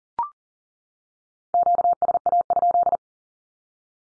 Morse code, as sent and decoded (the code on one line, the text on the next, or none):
--.- ... .- ..--..
QSA?